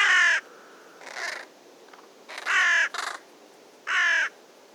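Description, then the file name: Carrion crow giving harsh, hoarse caws, three loud calls with two softer ones between, spaced unevenly over a few seconds. "Corvus corone"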